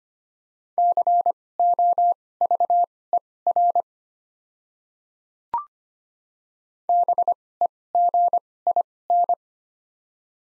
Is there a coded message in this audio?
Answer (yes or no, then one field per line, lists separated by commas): yes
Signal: Morse code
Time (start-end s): 0.8-9.3 s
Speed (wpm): 25 wpm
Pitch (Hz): 700 Hz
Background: none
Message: COVER BEGIN